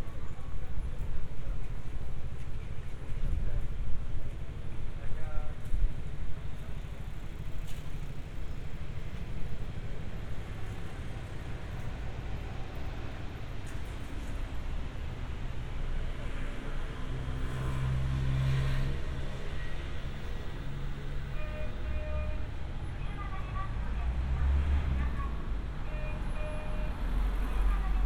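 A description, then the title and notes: Walking through Funabashi, Chiba, Japan, with a steady low rumble of passing vehicles and traffic throughout. Indistinct voices surface now and then, and short tonal sounds rise around the middle and again near the end, over a fairly even, busy background. 3D AUDIO Walking in Funabashi, Chiba,Japan. Let's take a walk together around Funabashi station, Chiba. Binaural audio.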